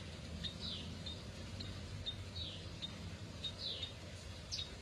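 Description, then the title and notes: Atlantic canary: quick high downward chirps in loose groups, repeated steadily against a constant low droning noise. Kenari F1 Ys bird; used as therapy for a canary that has stopped singing (macet). "TERAPI KENARI MACET. Kenari F1 Ys"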